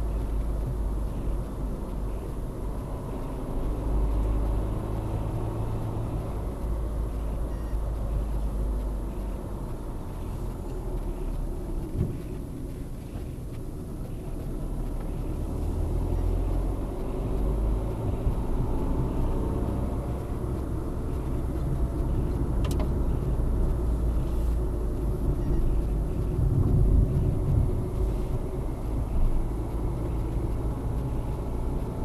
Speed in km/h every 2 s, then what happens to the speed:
47, 50, 47, 51, 46, 47, 44, 41, 26, 23, 26, 30, 36, 37, 39, 45.
0-7 steady at about 47. 7-17 slows to 23. 17-23 speeds up to 36. 27-32 speeds up to 45.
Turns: 13-15.